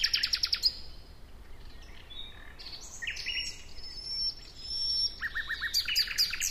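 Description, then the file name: Common nightingale song: opens with a quick run of sharp repeated notes, then scattered whistles and chirps, ending in another rapid series of notes. "Luscinia megarhynchos"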